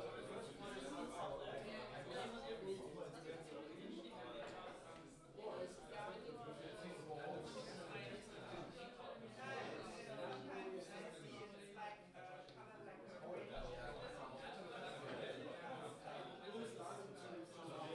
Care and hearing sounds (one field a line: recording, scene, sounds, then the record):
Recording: everyday scene through a hearing-aid microphone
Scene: many people talking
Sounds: many voices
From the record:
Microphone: in the ear canal, left